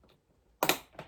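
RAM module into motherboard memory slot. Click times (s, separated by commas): 0.6 s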